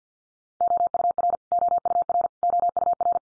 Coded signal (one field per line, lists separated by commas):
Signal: Morse code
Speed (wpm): 50 wpm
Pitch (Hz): 700 Hz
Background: none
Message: OUR OUR OUR